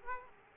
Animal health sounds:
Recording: mosquito wingbeat signal from an infrared sensor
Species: Aedes aegypti

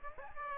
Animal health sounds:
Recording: mosquito wingbeat signal from an infrared sensor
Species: Aedes aegypti

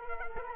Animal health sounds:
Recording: mosquito wingbeat signal from an infrared sensor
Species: Culex quinquefasciatus

